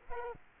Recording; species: mosquito wingbeat signal from an infrared sensor; Culex quinquefasciatus